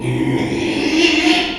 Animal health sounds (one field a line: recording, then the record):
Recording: squeal of a Yucatan mini pig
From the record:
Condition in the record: after surgery on the right vocal fold (resection and tissue-engineered implant)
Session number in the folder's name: 2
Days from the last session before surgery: 13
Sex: male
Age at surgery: 12 weeks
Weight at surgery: 13 kg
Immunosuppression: cyclosporine, prednisolone